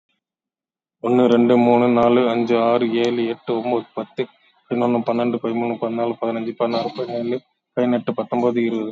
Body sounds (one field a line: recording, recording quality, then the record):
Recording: counting at a fast pace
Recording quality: excellent, no background noise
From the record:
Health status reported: COVID-19 positive, moderate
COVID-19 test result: positive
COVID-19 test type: RT-PCR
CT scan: taken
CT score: 15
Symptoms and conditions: cough, cold, fever, muscle pain, loss of smell and taste, diarrhoea, another condition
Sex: male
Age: 55 years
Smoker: no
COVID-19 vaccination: none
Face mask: worn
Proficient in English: yes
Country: India